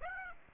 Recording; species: mosquito wingbeat signal from an infrared sensor; Aedes aegypti